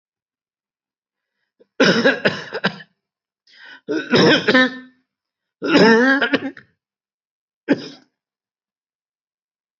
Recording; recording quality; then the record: heavy voluntary cough; excellent, no background noise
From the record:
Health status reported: healthy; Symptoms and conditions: none ticked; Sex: male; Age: 59 years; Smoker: not ticked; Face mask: not worn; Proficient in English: yes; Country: India